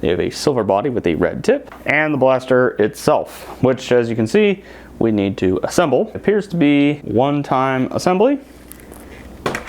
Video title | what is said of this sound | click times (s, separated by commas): Nerf Ultra Strike Unboxing & Review (A Collector's Viewpoint) | I guess you just slot this in here like so, locks into place, and | 9.5 s